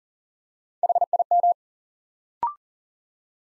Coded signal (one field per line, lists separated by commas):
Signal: Morse code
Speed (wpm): 39 wpm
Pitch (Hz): 700 Hz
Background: none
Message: HIM